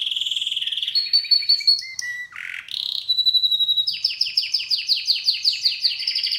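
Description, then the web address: Canary song: a steady buzzy trill, a series of clear whistles, a low harsh burst, then quick repeated descending chirps to the end. "Music Canary Canary Singing"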